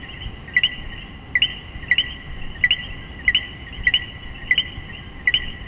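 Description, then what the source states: Common coquí calling a quick co-qui over and over, with a steady high chorus humming underneath. Several coquíes calling in Puerto Rico.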